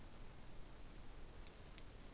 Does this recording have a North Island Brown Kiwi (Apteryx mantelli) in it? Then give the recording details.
no. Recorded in New Zealand on 20 November 2013. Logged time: 21:14. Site CG22